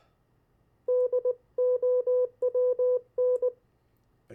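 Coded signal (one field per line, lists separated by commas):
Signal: Morse code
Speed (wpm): 19 wpm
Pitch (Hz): 500 Hz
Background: none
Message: DOWN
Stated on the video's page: CW copy practice of opposite words, pen-and-paper follow-along.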